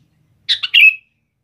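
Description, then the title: Sooty-headed bulbul with a single quick liquid phrase of three notes, the last one held longest, in a quiet background. "Kutilang"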